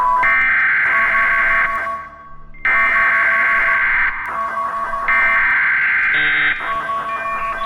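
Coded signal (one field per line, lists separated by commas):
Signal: Emergency Alert System (SAME) tones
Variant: header bursts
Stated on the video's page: Simulated alert scenario about riots.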